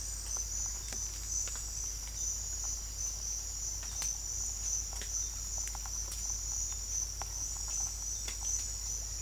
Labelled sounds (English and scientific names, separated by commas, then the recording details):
none
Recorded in secondary vegetation near Puerto Asís, Putumayo, Colombia, on 18 December 2024 at 07:30
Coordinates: 0.481, -76.318
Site G042